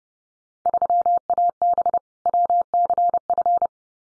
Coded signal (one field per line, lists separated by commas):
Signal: Morse code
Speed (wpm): 30 wpm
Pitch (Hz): 700 Hz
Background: none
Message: 3AB WCF